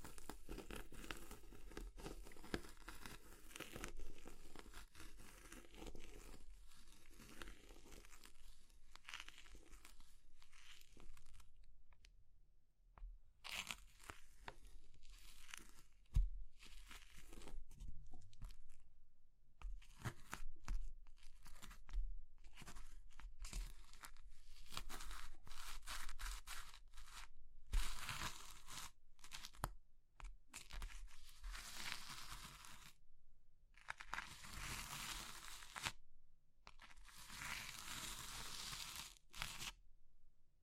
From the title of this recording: Crushing Triggers Soap, Chalk, Meringue, Pastel